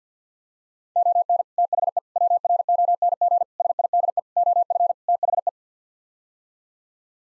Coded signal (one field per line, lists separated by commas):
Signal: Morse code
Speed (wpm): 50 wpm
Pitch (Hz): 700 Hz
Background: none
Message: ON THE WRONG SIDE OF THE